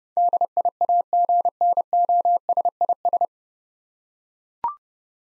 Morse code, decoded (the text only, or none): DIAGNOSIS